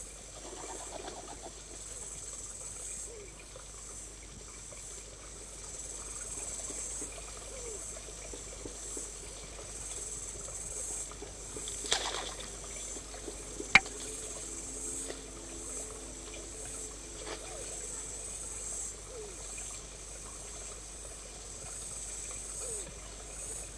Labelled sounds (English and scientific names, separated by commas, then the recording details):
New Zealand Pigeon (Hemiphaga novaeseelandiae)
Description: New Zealand pigeon/kererū/kūkū/kūkupa
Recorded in New Zealand